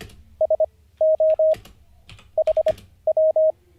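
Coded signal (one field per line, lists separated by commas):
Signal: Morse code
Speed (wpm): 25 wpm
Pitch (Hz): 630 Hz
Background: none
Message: SO HW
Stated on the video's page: Morse code practice during a livestream, day 48 of learning.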